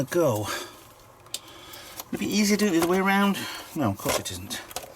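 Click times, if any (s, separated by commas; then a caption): none. Someone talks while handling an internal part of an Xbox One X during reassembly, working it toward the console chassis near the front board after a struggle to fit it. Brief sharp handling knocks are heard at about 1.3 s and 2.0 s between the talking. Nothing has seated or clicked yet.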